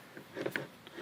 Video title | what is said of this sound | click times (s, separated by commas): How To Install In-Lite Lighting -- Dr Decks | you hear it click there | 0.6 s